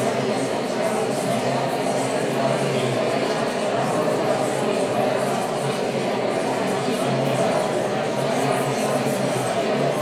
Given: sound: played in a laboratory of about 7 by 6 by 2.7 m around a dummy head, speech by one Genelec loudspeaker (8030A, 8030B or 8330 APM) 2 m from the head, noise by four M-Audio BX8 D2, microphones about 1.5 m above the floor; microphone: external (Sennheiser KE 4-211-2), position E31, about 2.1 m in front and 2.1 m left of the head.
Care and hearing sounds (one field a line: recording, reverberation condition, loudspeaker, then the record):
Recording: babble noise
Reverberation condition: high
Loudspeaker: four, about 170 cm from the corners of the room and facing them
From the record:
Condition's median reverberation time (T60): about 1300 ms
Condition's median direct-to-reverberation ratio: about -4.0 dB